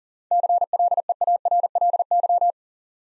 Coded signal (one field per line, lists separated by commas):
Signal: Morse code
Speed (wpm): 39 wpm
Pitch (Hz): 700 Hz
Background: none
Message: CLEARLY